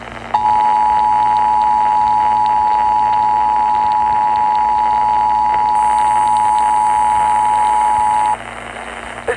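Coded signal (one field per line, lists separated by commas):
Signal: Emergency Alert System (SAME) tones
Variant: 853 and 960 Hz attention tone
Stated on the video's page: Flash flood warning received on AM radio, tied to Tropical Storm Beta.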